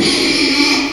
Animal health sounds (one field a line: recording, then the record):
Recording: squeal of a Yucatan mini pig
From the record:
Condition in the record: after surgery on the right vocal fold (resection and tissue-engineered implant)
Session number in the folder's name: 2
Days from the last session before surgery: 13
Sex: male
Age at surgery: 12 weeks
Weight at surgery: 13 kg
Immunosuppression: cyclosporine, prednisolone